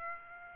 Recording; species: mosquito wingbeat signal from an infrared sensor; Aedes aegypti